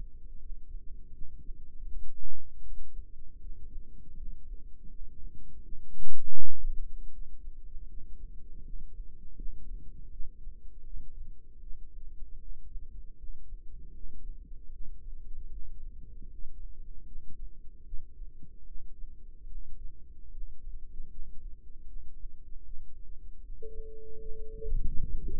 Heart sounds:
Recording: heart sounds by microphone in the right ear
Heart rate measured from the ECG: 78 bpm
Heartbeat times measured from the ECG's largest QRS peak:
0.37 s: heartbeat
1.10 s: heartbeat
1.84 s: heartbeat
2.60 s: heartbeat
3.37 s: heartbeat
4.13 s: heartbeat
4.87 s: heartbeat
5.61 s: heartbeat
6.34 s: heartbeat
7.09 s: heartbeat
7.85 s: heartbeat
8.60 s: heartbeat
9.33 s: heartbeat
10.08 s: heartbeat
10.82 s: heartbeat
11.58 s: heartbeat
12.37 s: heartbeat
13.15 s: heartbeat
13.91 s: heartbeat
14.69 s: heartbeat
15.47 s: heartbeat
16.26 s: heartbeat
17.03 s: heartbeat
17.82 s: heartbeat
18.63 s: heartbeat
19.46 s: heartbeat
20.28 s: heartbeat
21.07 s: heartbeat
21.84 s: heartbeat
22.61 s: heartbeat
23.39 s: heartbeat
24.15 s: heartbeat
24.94 s: heartbeat
From the record:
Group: healthy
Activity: rest 0-24 s, Valsalva maneuver 24-25 s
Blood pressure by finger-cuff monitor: 95/57 mmHg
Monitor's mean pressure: 70 mmHg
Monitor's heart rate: 78 bpm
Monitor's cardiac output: 6.6 L/min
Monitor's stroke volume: 84 mL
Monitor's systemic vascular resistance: 770 dyn s/cm5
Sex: female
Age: 26 years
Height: 165 cm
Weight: 55 kg

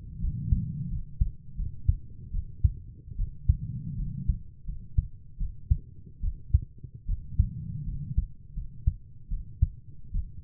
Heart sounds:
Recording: heart sounds by stethoscope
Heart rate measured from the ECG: 79 bpm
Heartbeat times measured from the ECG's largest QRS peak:
0.21 s: heartbeat
0.90 s: heartbeat
1.57 s: heartbeat
2.32 s: heartbeat
3.17 s: heartbeat
3.97 s: heartbeat
4.66 s: heartbeat
5.39 s: heartbeat
6.22 s: heartbeat
7.07 s: heartbeat
7.86 s: heartbeat
8.55 s: heartbeat
9.30 s: heartbeat
10.13 s: heartbeat
From the record:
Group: healthy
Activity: cold pressor test 0-7 s, rest 7-10 s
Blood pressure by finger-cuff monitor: 98/52 mmHg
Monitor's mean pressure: 67 mmHg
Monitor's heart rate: 81 bpm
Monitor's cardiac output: 7.6 L/min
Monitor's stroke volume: 95 mL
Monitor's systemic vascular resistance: 620 dyn s/cm5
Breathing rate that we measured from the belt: 18 breaths a minute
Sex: female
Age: 22 years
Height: 160 cm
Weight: 63 kg

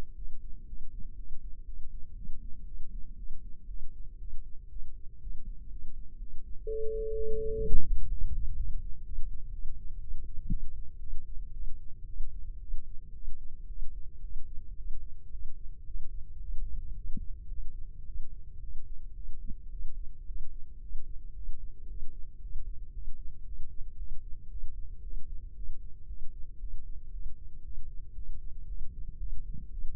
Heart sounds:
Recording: heart sounds by microphone in the left ear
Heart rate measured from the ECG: 116 bpm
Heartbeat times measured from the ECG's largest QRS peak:
0.14 s: heartbeat
0.65 s: heartbeat
1.15 s: heartbeat
1.64 s: heartbeat
2.14 s: heartbeat
2.64 s: heartbeat
3.15 s: heartbeat
3.66 s: heartbeat
4.17 s: heartbeat
4.68 s: heartbeat
5.19 s: heartbeat
5.69 s: heartbeat
6.18 s: heartbeat
6.66 s: heartbeat
7.14 s: heartbeat
7.62 s: heartbeat
8.09 s: heartbeat
8.56 s: heartbeat
9.03 s: heartbeat
9.51 s: heartbeat
9.99 s: heartbeat
10.49 s: heartbeat
10.99 s: heartbeat
11.53 s: heartbeat
12.06 s: heartbeat
12.59 s: heartbeat
13.13 s: heartbeat
13.67 s: heartbeat
14.21 s: heartbeat
14.76 s: heartbeat
15.31 s: heartbeat
15.85 s: heartbeat
16.40 s: heartbeat
16.95 s: heartbeat
17.49 s: heartbeat
18.06 s: heartbeat
18.60 s: heartbeat
19.15 s: heartbeat
19.70 s: heartbeat
20.26 s: heartbeat
20.81 s: heartbeat
21.34 s: heartbeat
21.88 s: heartbeat
22.41 s: heartbeat
22.93 s: heartbeat
23.45 s: heartbeat
23.97 s: heartbeat
24.49 s: heartbeat
25.02 s: heartbeat
25.55 s: heartbeat
26.07 s: heartbeat
26.59 s: heartbeat
27.11 s: heartbeat
27.63 s: heartbeat
28.15 s: heartbeat
28.67 s: heartbeat
29.18 s: heartbeat
29.70 s: heartbeat
From the record:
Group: healthy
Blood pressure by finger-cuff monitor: 115/77 mmHg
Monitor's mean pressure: 91 mmHg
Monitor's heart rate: 113 bpm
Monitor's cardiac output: 8.5 L/min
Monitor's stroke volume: 76 mL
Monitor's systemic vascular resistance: 750 dyn s/cm5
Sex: female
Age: 19 years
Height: 163 cm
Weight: 51 kg

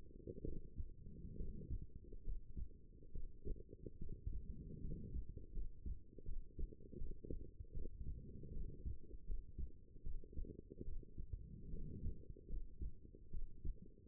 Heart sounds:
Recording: heart sounds by stethoscope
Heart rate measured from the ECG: 75 bpm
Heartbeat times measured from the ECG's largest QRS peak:
0.43 s: heartbeat
1.36 s: heartbeat
2.22 s: heartbeat
3.11 s: heartbeat
3.97 s: heartbeat
4.80 s: heartbeat
5.52 s: heartbeat
6.24 s: heartbeat
6.97 s: heartbeat
7.72 s: heartbeat
8.51 s: heartbeat
9.24 s: heartbeat
10.02 s: heartbeat
10.83 s: heartbeat
11.69 s: heartbeat
12.47 s: heartbeat
13.30 s: heartbeat
From the record:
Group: healthy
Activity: rest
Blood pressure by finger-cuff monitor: 115/83 mmHg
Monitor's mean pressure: 97 mmHg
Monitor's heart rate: 73 bpm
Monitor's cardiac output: 6.1 L/min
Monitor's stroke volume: 83 mL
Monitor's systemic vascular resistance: 1180 dyn s/cm5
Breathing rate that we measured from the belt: 17 breaths a minute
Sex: female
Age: 23 years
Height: 160 cm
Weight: 50.4 kg

